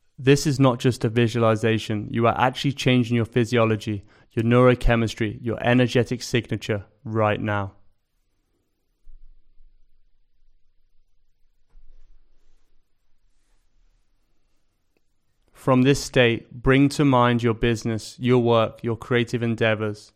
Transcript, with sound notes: This is not just a visualization – you are actually changing your physiology, your neurochemistry, your energetic signature right now. [Pause 15 seconds] From this state, bring to mind your business, your work, your creative endeavors.